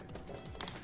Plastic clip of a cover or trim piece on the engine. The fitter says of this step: click. You heard it all.